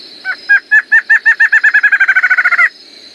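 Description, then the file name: Streak-backed antshrike song: a series of hooked, hollow notes that starts slow and speeds up into a quick rattle-like run, over a steady high whine. "Canto do choca de roraima"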